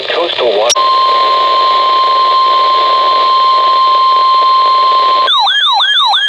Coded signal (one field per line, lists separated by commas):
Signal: Emergency Alert System (SAME) tones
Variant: 1050 Hz attention tone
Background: speech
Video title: 12/16/2020: Tornado Warning (Confirmed Tornado) and Special Marine Warnings (EAS #229-235)